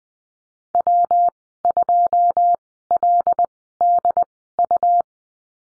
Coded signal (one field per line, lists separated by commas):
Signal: Morse code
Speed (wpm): 20 wpm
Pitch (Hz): 700 Hz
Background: none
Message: W2LDU